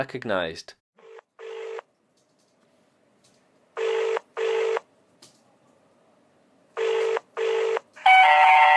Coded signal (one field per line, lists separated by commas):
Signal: telephone call progress tone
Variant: UK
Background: speech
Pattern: ringback tone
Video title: I Rang A Secret Numbers Station... And Got A Response!